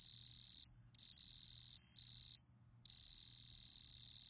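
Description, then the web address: Southeastern field cricket song, long steady high trills broken by short silences, three trill bursts in all. North America. "Songs of Insects. Southeastern Field Cricket"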